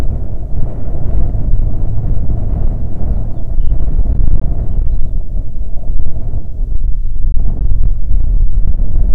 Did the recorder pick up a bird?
yes